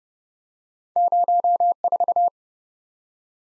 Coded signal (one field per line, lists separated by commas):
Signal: Morse code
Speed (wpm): 28 wpm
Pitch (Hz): 700 Hz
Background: none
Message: 04